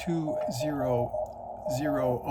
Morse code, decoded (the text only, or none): CA